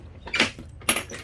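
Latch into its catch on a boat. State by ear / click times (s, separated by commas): partly seated / 0.9 s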